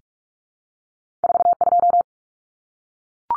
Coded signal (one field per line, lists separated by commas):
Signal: Morse code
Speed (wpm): 44 wpm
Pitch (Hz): 700 Hz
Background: none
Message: 42